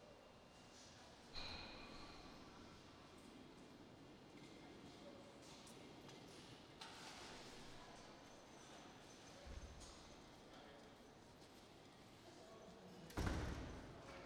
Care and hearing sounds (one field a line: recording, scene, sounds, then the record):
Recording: everyday scene through a hearing-aid microphone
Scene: reverberant space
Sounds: background noise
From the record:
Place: railway station hall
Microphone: in the ear canal, right